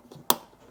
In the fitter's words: it's secure it snapped in you just heard it snap